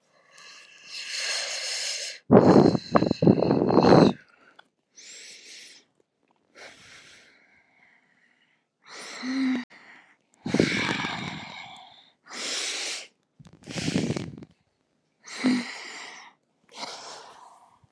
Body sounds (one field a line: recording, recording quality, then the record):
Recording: deep breathing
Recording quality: excellent, no background noise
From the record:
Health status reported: healthy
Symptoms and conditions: hypertension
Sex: female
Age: 55 years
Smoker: not ticked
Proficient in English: yes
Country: United States